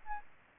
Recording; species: mosquito wingbeat signal from an infrared sensor; Aedes albopictus